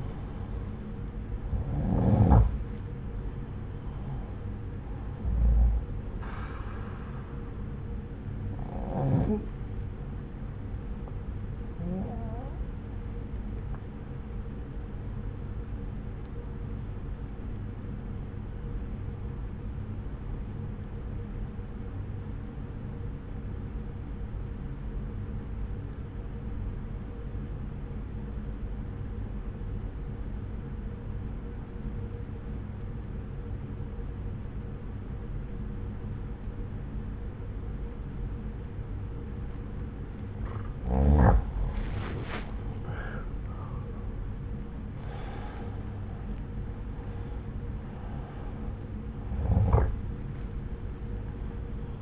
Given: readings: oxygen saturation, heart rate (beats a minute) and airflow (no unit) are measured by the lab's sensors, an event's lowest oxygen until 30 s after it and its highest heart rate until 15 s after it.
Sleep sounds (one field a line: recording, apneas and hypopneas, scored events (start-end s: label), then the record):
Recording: breathing in sleep by a smartphone at the bedside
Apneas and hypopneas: 1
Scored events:
15.00-41.30 s: obstructive apnea (N1, oxygen 95% highest, then 86% lowest)
From the record:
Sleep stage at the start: N1 (lightest sleep)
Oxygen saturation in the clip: 87 to 95%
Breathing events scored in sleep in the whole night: 303 in 8.1 hours asleep